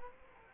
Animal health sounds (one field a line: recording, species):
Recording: mosquito wingbeat signal from an infrared sensor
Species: Culex quinquefasciatus